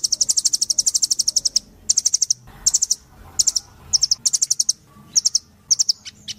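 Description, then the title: Spiderhunter singing a fast trill of high, piercing chips, then shorter bursts of a few notes separated by brief gaps. Vigorous, clear, long song; recording intended as a tutor track for training cage birds. "Pijantung Gunung Gacor Jernih Panjang"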